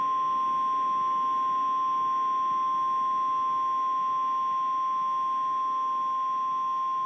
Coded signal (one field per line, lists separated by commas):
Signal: Emergency Alert System (SAME) tones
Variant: 853 and 960 Hz attention tone